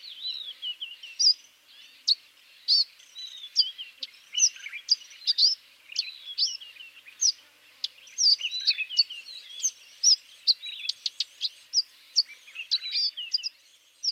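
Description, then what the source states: Eastern violet-backed sunbird giving a busy stream of high twittering, chattering notes, irregular and continuous. Recorded in Tanzania, near Mount Kilimanjaro.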